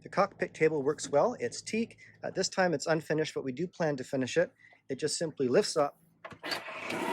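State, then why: Seated. Someone talks while lifting the folding leaf of an unfinished teak cockpit table on a Hanse 415 sailboat. Its support clicks at 6.9 s as the leaf locks into its raised position.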